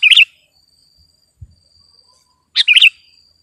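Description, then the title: Sooty-headed bulbul song: two bright bubbly phrases, one at the start and one near the end, separated by quiet with a faint high tone. "kutilang"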